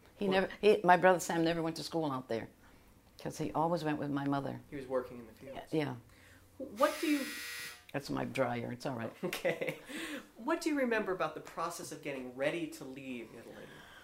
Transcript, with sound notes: He never, my brother Sam never went to school out there, because he always went with my mother.
He was working in the fields.
Yeah.
What do you... ( a buzzing noise is heard in the background on the tape )
That's my dryer. It's all right.
Okay. ( he laughs ) What do you remember about the process of getting ready to leave Italy?